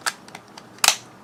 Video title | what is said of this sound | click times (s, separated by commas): How to install the Otter Box DEFENDER on a iphone my REVIEW | you can hear it snapping all | 0.4 s, 0.6 s, 0.9 s